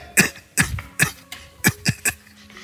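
Six sharp, harsh coughs in quick succession from an adult man, a rough repetitive coughing bout, a cough that sounds like four miles of bad road and three tires trying to catch up.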